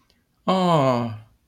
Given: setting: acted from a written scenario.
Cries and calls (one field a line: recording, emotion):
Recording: vocal sound without words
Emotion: adoration